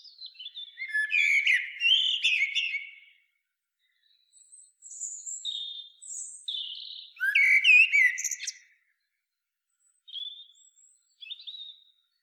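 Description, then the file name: Common blackbird song with rich low whistled phrases and scratchy high flourishes, several phrases spaced across the recording. "Turdus merula"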